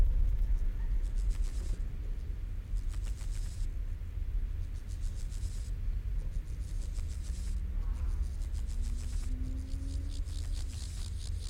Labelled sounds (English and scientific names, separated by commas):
Water-meadow Grasshopper (Chorthippus montanus) stridulation